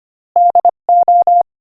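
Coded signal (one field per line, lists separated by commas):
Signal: Morse code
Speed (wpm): 24 wpm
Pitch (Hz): 700 Hz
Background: none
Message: DO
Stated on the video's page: Morse practice clip at 25 wpm.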